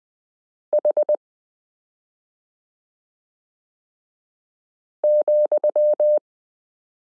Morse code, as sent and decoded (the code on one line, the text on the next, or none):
.... --..--
H,